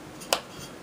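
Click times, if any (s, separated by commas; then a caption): 0.3 s. During reassembly of a Husqvarna 390XP chainsaw, done to replace its brittle rubber intake boots, the choke rod is pressed into its seat in the carburetor and handle linkage. A single sharp, bright click sounds at 0.3 seconds over a quiet background. The choke rod pops into place and is seated.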